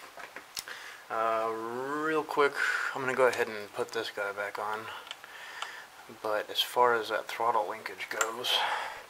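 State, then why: Not seated. A Ford Ranger's throttle linkage is handled to be pressed back onto its ball stud on the throttle body, while someone talks throughout. A few brief handling ticks are heard, but nothing has seated or clicked yet.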